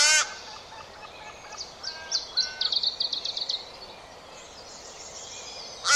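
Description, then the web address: Bird calls: a quick run of thin, high chirps in the middle, with harsh calls cut off at the very start and end over a quiet background hiss. "Deverinetal 2025 File origin Bird Only"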